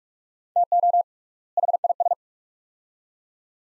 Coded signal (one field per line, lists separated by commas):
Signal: Morse code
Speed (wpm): 43 wpm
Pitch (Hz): 700 Hz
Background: none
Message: TO HIS